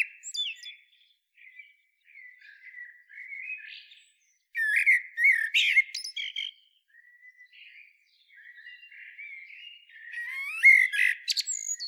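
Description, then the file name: Common blackbird song with quiet rambling warbles, then a loud fluting phrase with high twitters midway and another strong flourish near the end. "Turdus merula"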